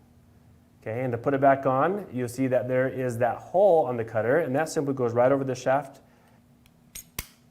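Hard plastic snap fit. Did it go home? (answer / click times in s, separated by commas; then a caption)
yes / 7.2 s. Someone talks while a fabric cutter's blade assembly is put back on its quick-release shaft: the hole in the cutter goes over the shaft and is pressed home until it locks. After the talking stops, a couple of faint taps lead to a sharp snap at 7.2 s as the blade seats onto the shaft.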